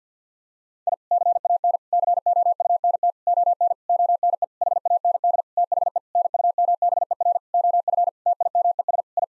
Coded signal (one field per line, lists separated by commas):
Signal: Morse code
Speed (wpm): 50 wpm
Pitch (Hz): 700 Hz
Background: none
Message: I CAN COUNT ON ONE HAND THE NUMBER OF TIMES I